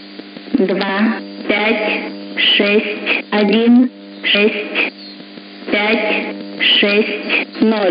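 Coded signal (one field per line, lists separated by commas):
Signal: numbers station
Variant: S06s, Russian female voice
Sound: a woman's voice reading short words at a steady pace over a radio hum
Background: radio hum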